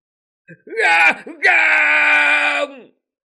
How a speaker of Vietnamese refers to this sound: Người vương gia gào thét xé lồng, nhưng tất cả đều là vô dụng.